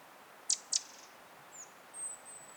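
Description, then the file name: Eurasian wren call: a quick pair of hard high ticks, followed by faint thin high whistles. "Troglodytes troglodytes"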